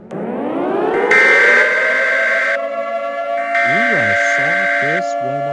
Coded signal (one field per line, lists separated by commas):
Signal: Emergency Alert System (SAME) tones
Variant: header bursts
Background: speech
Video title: Reacting To EAS Scenario #2: Global Hurricane Part One By Superstar Studios Animations